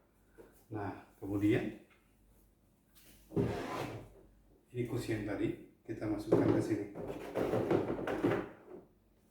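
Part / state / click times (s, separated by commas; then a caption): high chair tray into chair seat frame / not seated / none. The tray of a Baby Safe separable baby high chair is handled and fitted toward the chair seat frame while someone talks, with soft handling and rubbing sounds between the speech. Nothing has seated or clicked yet; the tray is not yet locked onto the seat.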